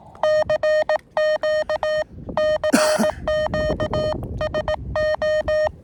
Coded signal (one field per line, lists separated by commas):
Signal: Morse code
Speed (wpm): 18 wpm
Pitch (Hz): 620 Hz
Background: none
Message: CQ CQ SO